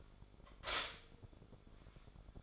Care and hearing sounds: daily activity, microphone in the room; stop toaster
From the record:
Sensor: 5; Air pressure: 1014.9 hPa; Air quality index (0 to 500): 204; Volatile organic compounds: 9 ppm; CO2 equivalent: 2175 ppm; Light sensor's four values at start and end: 14/34/13/12 and 14/34/13/12

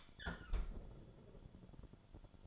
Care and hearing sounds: daily activity, microphone in the room; close fridge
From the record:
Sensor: 5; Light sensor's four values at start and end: 42/95/40/42 and 41/94/40/41

